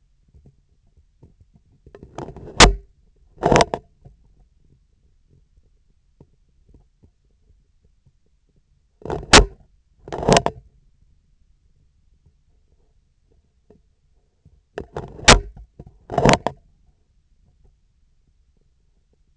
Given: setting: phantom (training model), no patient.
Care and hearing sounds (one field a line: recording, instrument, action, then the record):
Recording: laparoscopic instrument, vibration sensor on the handle end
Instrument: scissors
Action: opening and closing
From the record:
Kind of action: tool actuation without material contact